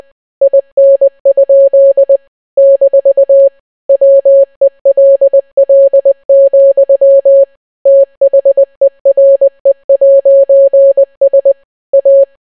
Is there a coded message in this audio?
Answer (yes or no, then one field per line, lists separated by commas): yes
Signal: Morse code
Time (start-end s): 0.4-12.2 s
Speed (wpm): 20 wpm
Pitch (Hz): 550 Hz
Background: none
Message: IN? - WELL, THERE'S A